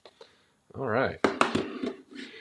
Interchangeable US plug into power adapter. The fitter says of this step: I need the US plug which is this guy which I will click in place